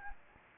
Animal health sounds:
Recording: mosquito wingbeat signal from an infrared sensor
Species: Anopheles gambiae

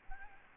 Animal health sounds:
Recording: mosquito wingbeat signal from an infrared sensor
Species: Aedes albopictus

